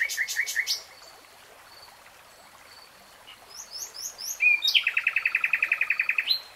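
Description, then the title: Nightingale song: a few loud repeated notes, a quiet gap with soft chirps, then a whistle leading into a fast rattling trill. Recorded in real time. "[Tiếng chim hót] Nightingale Singing"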